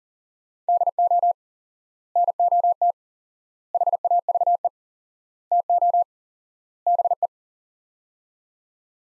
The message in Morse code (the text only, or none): DO NOT HAVE TO BE